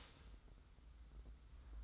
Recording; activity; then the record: daily activity, microphone in the room; start toaster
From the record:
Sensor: 3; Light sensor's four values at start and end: 41/98/40/38 and 41/98/40/38